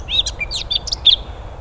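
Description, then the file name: Eurasian blackcap song fragment: a few quick, sweet warbled notes, high and chirpy, in a short burst of under two seconds. "Sylvia atricapilla"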